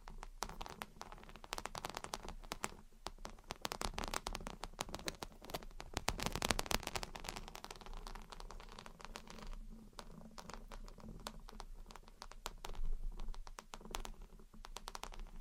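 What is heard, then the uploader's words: Gentle tapping and scratching in dense, irregular bursts of crisp clicks, like keyboard typing, continuing throughout with a faint low hum underneath. Gentle Tapping and Scratching. (No Talking).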